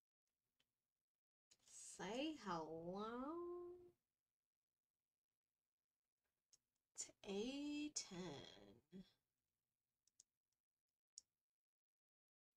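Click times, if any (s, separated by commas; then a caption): none. Plastic gunpla model kit parts for the front torso of an EG Nu Gundam are handled and fitted into the torso assembly while someone talks, with a few faint ticks near 10.2 s and 11.2 s. Nothing has seated or clicked yet; the clip ends just before the part snaps home.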